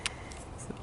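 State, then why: Seated. The sprawling back leg of a plastic Jurassic World Dominion Extreme Damage dinosaur action figure is moved in and out at the hip joint. A sharp click is heard at 0.1 s, followed by a fainter tick around 0.3 s over low background noise. The leg clicks into place and is seated.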